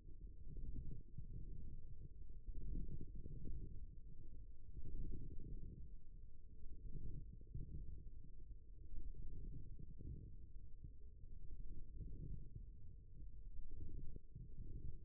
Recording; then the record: forearm muscle sounds (acoustic myography)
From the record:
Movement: wrist flexion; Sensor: system 1, eight BSWA MPA416 microphones around the upper forearm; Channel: 7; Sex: male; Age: 54 years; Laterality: right